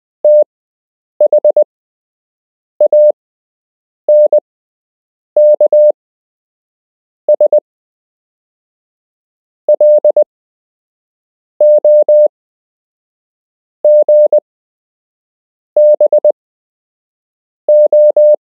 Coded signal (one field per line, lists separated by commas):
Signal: Morse code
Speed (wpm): 20 wpm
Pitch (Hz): 600 Hz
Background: none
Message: THANKS LOG BO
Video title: You can learn Morse code - Part 4